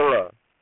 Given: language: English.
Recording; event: throat vibration sensor signal played as sound; speech